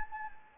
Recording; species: mosquito wingbeat signal from an infrared sensor; Anopheles gambiae